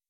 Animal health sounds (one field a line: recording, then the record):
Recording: hydrophone in a shrimp aquaculture tank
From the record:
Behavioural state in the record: weakened